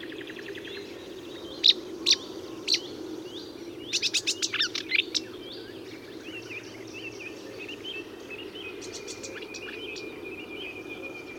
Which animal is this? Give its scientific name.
Acrocephalus palustris